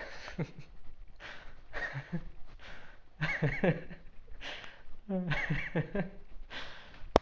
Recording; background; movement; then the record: laughter; quiet; walking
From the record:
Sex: male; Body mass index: 20.5 kg/m2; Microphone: on the chest, facing outward